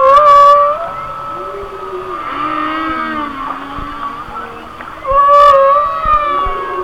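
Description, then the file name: Whale song opening and closing with loud harmonic squeals, with softer gliding tones between them over background hiss. "Whale Songs- Mike Mc Donald"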